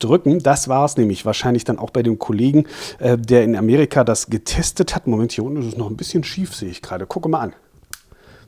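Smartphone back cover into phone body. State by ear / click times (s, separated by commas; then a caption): seated / 7.9 s. Someone talks while pressing down the still-crooked bottom edge of the rubber-sealed plastic back cover on a waterproof Samsung Galaxy S4 Active smartphone, which was not properly in. A sharp click is heard at 7.9 s as the cover snaps into place on the phone body, followed by a faint short sound.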